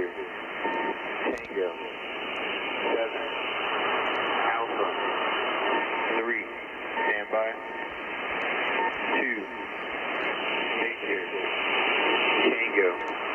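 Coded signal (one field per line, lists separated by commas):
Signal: coded military voice message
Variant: USAF EAM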